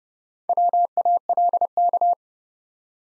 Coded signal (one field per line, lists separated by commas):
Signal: Morse code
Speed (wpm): 30 wpm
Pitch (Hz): 700 Hz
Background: none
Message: WALK